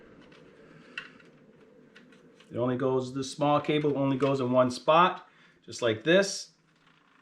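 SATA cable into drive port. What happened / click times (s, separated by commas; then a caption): The cable is being handled and has not yet clicked home / none. A small SATA cable is handled at the port of the drive underneath, with a few light handling taps in the first two seconds before someone talks. Nothing has seated or clicked yet.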